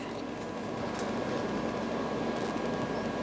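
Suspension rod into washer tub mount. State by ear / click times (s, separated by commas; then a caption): not seated / none. A replacement suspension rod (shock) with a plastic end is slid toward its tub mount on an Amana top-load washer after one side has been removed. A steady, low rumbling hiss of handling noise runs throughout, with no sharp transients. Nothing has seated or clicked yet.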